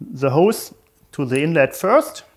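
Someone talks while a sample hose's quick connector is handled toward the inlet port on the back of a Pentair Haffmans beverage CO2 meter. No click is heard, and nothing has seated or clicked yet.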